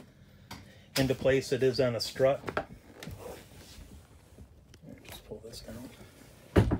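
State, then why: Seated. Someone talks while the fold-down top bunk bed in an Outback 340BH RV is pulled down into its lowered position on its strut support. A single loud knock sounds at 6.6 seconds as the bunk locks into place.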